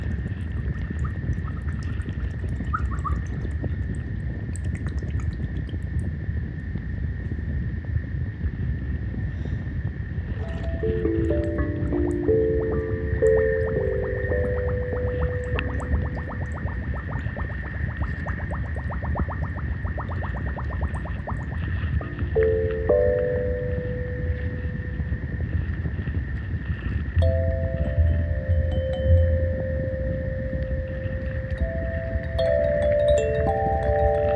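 Steady low rumble of water with a constant high hum, while soft kalimba-like tones plink in short clusters around 11–15, 22–24, and after 27 seconds.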